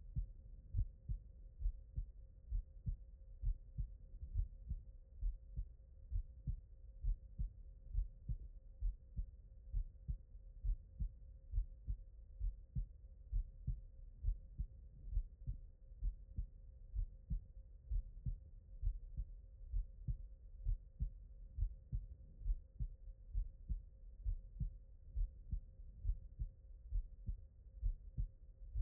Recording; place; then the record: heart sounds by stethoscope; pulmonary valve (PV)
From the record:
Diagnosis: non-HFrEF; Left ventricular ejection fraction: 69%